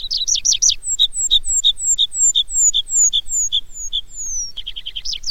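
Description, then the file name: Tree pipit song: a quick trill, then a measured series of thin, high, slurred whistles paired with lower clipped notes, ending in a fast, repeated chatter. "baumpieper"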